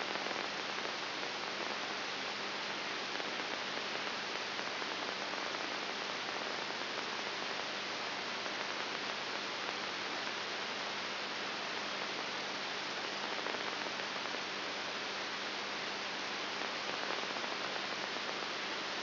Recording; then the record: brain microelectrode recording played as sound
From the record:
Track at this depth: outside the subthalamic nucleus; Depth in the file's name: 7.5 mm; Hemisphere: left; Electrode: 3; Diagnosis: Parkinson's disease